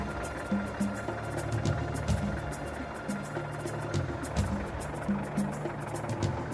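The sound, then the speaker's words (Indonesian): A truck carrying evacuees drives on toward an evacuation shelter at night under heavy cloud, its engine rumbling steadily with a low droning hum and faint intermittent clicks over a constant noisy wash, with no voices. “Truk itu terus melaju menuju tempat pengungsian.”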